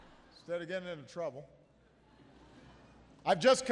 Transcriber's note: laughter